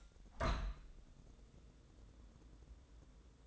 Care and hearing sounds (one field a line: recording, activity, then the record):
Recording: daily activity, microphone in the room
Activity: open window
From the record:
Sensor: 3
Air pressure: 1012.3 hPa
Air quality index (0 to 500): 110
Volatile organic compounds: 1 ppm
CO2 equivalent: 868 ppm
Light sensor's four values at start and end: 175/421/171/159 and 178/426/175/162